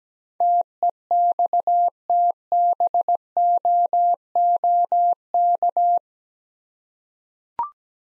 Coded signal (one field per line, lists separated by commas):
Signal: Morse code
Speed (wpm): 17 wpm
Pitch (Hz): 700 Hz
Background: none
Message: TEXTBOOK